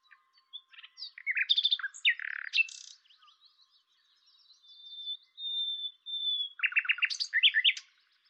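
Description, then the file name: Common nightingale singing varied phrases of chirps and churrs, with a long, thin, drawn-out whistle in the middle, followed by a burst of rapid repeated notes. "Luscinia megarhynchos"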